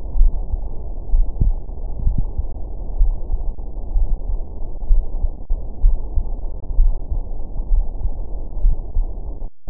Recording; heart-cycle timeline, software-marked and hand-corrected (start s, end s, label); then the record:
heart sounds
0.00	0.17	diastole
0.17	0.33	S1
0.33	0.51	systole
0.51	0.61	S2
0.61	1.13	diastole
1.13	1.27	S1
1.27	1.45	systole
1.45	1.57	S2
1.57	2.05	diastole
2.05	2.17	S1
2.17	2.37	systole
2.37	2.47	S2
2.47	2.99	diastole
2.99	3.13	S1
3.13	3.31	systole
3.31	3.41	S2
3.41	3.95	diastole
3.95	4.09	S1
4.09	4.29	systole
4.29	4.39	S2
4.39	4.91	diastole
4.91	5.05	S1
5.05	5.23	systole
5.23	5.33	S2
5.33	5.83	diastole
5.83	5.97	S1
5.97	6.15	systole
6.15	6.25	S2
6.25	6.77	diastole
6.77	6.93	S1
6.93	7.11	systole
7.11	7.21	S2
7.21	7.71	diastole
7.71	7.85	S1
7.85	8.03	systole
8.03	8.13	S2
8.13	8.63	diastole
8.63	8.77	S1
8.77	8.97	systole
8.97	9.09	S2
9.09	9.70	diastole
From the record:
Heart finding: coronary artery disease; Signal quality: good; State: rest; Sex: male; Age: 66 years